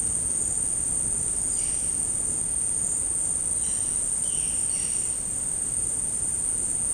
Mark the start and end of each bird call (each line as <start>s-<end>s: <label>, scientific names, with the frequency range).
1.51s-1.89s: Cyanocorax violaceus (1.7-5.6 kHz)
3.56s-5.10s: Cyanocorax violaceus (1.8-7.2 kHz)